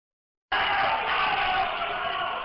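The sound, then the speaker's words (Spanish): A sudden, sustained roar of crowd shouting from the action zone of an esports match bursts in after half a second of silence, loud and dense, staying steady to the end with no individual voices standing out. “Ojo, muchísimo grito de la zona de acción.”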